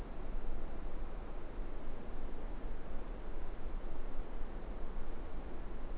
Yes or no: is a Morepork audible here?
no